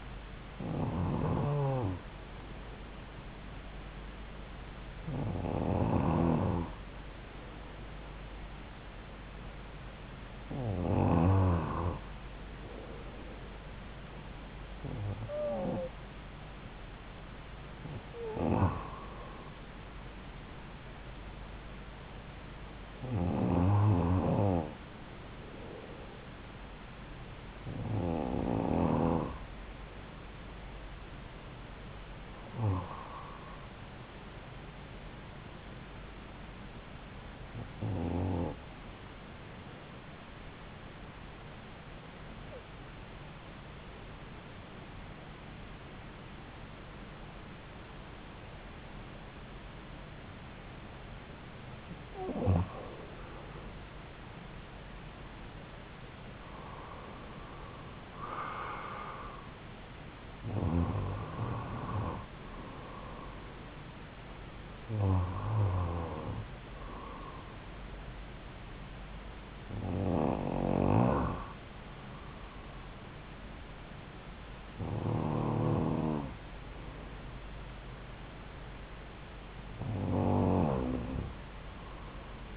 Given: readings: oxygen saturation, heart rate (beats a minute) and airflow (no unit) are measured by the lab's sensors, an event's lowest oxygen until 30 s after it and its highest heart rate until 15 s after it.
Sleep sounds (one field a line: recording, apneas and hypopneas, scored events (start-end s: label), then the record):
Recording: breathing in sleep by a voice recorder at the bedside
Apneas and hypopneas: 1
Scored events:
28.00-82.57 s: new sleep stage, N2 (light sleep)
40.00-53.90 s: hypopnea (N2, oxygen 94% highest, then 91% lowest)
From the record:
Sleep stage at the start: N1 (lightest sleep)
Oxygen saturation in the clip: 91 to 95%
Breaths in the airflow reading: 17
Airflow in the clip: -5.1 to 6.6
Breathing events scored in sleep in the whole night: 270 in 6.1 hours asleep